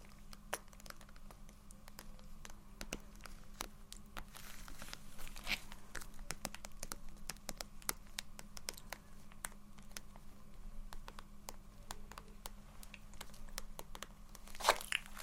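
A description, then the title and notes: Soft, gentle tapping: light, crisp clicks fall irregularly but steadily throughout, with a brief denser patch of scratchy texture around five seconds and a slightly louder cluster near the end. A low, steady hum sits underneath. ASMR Low Light SoftGentle Tapping & Scratching For Sleep (No Talking).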